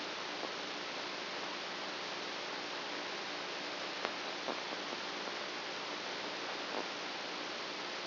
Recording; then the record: brain microelectrode recording played as sound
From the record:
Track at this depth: inside the subthalamic nucleus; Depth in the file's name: 3.502 mm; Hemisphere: right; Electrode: 2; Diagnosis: Parkinson's disease